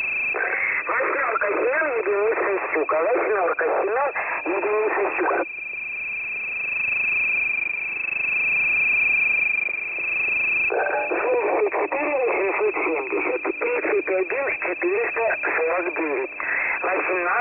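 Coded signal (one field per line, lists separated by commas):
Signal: coded military voice message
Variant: The Pip, Russian voice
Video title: The Pip voice message (December 23, 2020 11:50 UTC)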